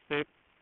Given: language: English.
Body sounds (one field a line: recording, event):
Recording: throat vibration sensor signal played as sound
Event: speech